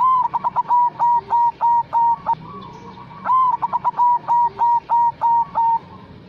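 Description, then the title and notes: Zebra dove song: rapid bursts of short notes around one pitch, then longer level cooing notes in an even series, phrase repeated twice. Long-duration lure recording of a zebra dove singing actively. "Pancingan Perkutut. Suara Burung Perkutut Gacor"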